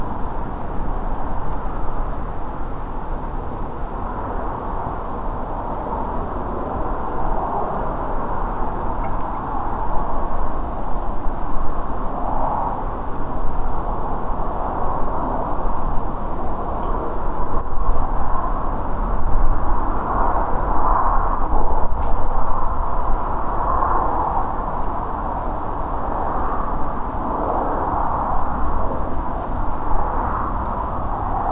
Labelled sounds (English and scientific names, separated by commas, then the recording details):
Redwing (Turdus iliacus)
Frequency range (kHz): Redwing (Turdus iliacus) 6.2-8.2 kHz
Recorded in France